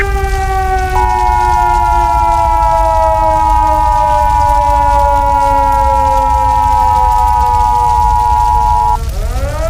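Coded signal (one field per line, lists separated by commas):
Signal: Emergency Alert System (SAME) tones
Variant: 853 and 960 Hz attention tone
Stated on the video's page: Mock EAS scenario, fictional.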